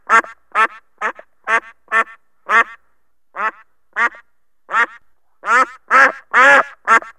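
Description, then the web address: Duck quacking in loud, harsh bursts, about two per second with a short pause midway, the last few quacks longer and louder. "hayvanlar-zil-sesleri ordek"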